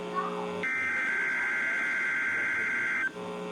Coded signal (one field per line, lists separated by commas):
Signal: Emergency Alert System (SAME) tones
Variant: header bursts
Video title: Required weekly test (EAS 2)￼